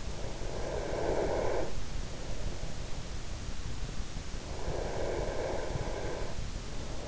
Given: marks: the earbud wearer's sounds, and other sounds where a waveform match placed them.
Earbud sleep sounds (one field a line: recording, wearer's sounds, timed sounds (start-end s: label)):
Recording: sounds in sleep by an in-ear microphone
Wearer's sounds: breath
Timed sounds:
0.09-2.09 s: breath
4.39-7.08 s: breath